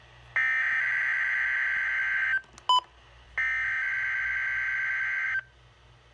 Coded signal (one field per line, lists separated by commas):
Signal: Emergency Alert System (SAME) tones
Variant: header bursts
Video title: (EAS FAIL! EAS#35-36)Required Weekly Test